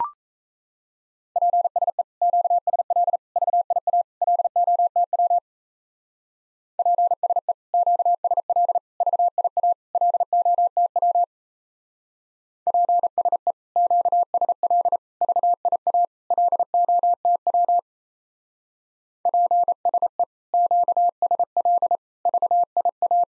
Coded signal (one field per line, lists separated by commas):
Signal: Morse code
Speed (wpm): 34 wpm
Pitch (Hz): 700 Hz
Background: none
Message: PSE QSL VIA LOTW PSE QSL VIA LOTW PSE QSL VIA LOTW PSE QSL VIA